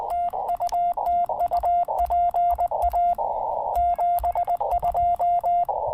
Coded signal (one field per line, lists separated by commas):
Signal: Morse code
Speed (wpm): 20 wpm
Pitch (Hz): 690 Hz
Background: none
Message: TU TU PA 72